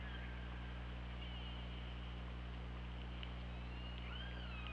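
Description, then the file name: Orca calls, a brief tone early, then a longer call that rises and curves downward near the end, over steady underwater hiss and low drone. Recorded on an OrcaLab hydrophone, 24 August 2017 at 21:14. "Orca Lab UTLN JASON 20170824 211423"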